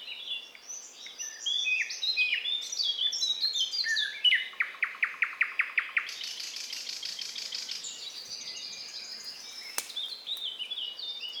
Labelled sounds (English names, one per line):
Thrush Nightingale song